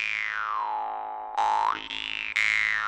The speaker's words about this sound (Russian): Витик извлек из котомки варган, и тишину тайги преобразили необычные звуки древней музыки.